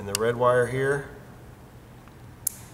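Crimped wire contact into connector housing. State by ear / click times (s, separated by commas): seated / 2.5 s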